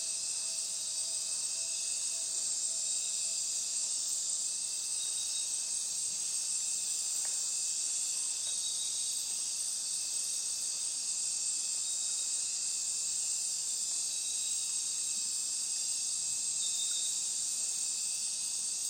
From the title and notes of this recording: Dark Night In The Amazon Rainforest. The symphony of wildlife in the rainforest is more minimalistic but piercing and almost electronic.